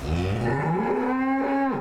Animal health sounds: contact call of a hoofed animal; cattle; low-frequency (closed-mouth) or high-frequency (open-mouth) call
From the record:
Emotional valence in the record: negative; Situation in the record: full separation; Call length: 1.82 s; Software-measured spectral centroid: 1320 Hz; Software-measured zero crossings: 1130 a second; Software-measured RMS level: -24 dBFS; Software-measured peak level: -14 dBFS

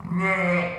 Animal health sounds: contact call of a hoofed animal; sheep; low-frequency (closed-mouth) or high-frequency (open-mouth) call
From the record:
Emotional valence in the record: positive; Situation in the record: reunion with pen mate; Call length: 0.79 s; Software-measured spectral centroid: 1720 Hz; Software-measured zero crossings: 2050 a second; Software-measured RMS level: -24 dBFS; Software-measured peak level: -12 dBFS

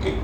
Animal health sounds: contact call of a hoofed animal; pig; closed-mouth grunt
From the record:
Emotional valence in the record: positive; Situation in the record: food and toys in familiar pen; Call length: 0.25 s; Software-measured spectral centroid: 1610 Hz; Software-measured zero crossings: 930 a second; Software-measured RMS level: -24 dBFS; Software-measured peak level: -13 dBFS

